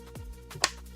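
The second side of a plastic printer part is pressed into its mounting on an ELEGOO Centauri Carbon 2 Combo 3D printer. After a couple of softer handling sounds at about 0.2 and 0.5 seconds, a sharp snap rings out at 0.6 seconds over a steady low hum. The other side of the part seats in place.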